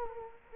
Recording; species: mosquito wingbeat signal from an infrared sensor; Culex quinquefasciatus